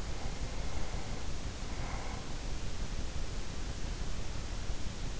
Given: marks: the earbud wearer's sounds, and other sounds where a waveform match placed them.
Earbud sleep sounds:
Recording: sounds in sleep by an in-ear microphone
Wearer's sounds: breath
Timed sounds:
0.20-2.60 s: breath

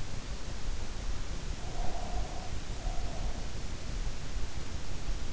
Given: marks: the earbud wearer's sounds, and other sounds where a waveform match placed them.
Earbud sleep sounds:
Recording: sounds in sleep by an in-ear microphone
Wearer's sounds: breath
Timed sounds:
1.62-3.66 s: breath

